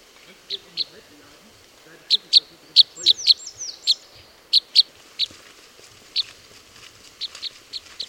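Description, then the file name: Red crossbill flight calls: sharp, clipped notes, singly and in quick pairs or clusters, many over eight seconds, with faint higher slurred notes behind. Type N call type; flight calls. "Red Crossbill Type N 09-FCs"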